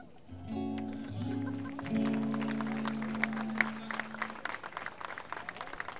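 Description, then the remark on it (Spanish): An audience, including fellow payadores, applauds at an international payador gathering in San José de Maipo, Chile, with steady, dense clapping throughout. Sustained tonal notes ring under it for the first few seconds, then the clapping carries on alone. “así que va también nuestra dedicación de lo que hacemos en el escenario para los colegas que están debajo acompañándonos con el silencio y con el aplauso.”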